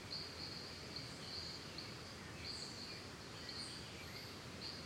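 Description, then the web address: Crickets give a high pulsed trill in uneven bursts over a constant low rushing ambience. Calm forest and jungle ambience with birds and crickets, Costa Rica. "Big Room Sound Birds Crickets Costa Rica Calm 2"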